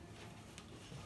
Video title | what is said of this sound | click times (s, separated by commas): Unboxing Yamaha Stagepas 400BT | Once there's a click, it will stay. | 0.6 s